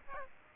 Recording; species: mosquito wingbeat signal from an infrared sensor; Aedes aegypti